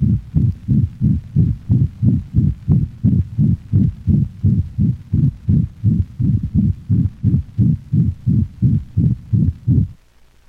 The murmur of the ventricular septal defect is a harsh holosystolic sound, not unlike that of mitral valvular insufficiency.